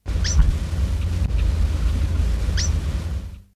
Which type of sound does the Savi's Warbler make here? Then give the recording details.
alarm call. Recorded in the wild. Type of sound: alarm call. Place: Neusiedler See, AT. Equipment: Halbspur, 9,5 cm/s. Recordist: Lütgens, Hans. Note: Warnen